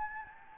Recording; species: mosquito wingbeat signal from an infrared sensor; Anopheles gambiae